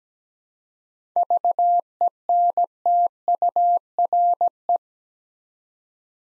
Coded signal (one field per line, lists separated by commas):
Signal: Morse code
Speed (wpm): 17 wpm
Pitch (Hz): 700 Hz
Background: none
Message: VENTURE